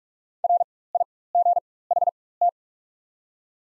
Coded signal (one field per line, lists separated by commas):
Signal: Morse code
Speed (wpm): 45 wpm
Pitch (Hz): 700 Hz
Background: none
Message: RIGHT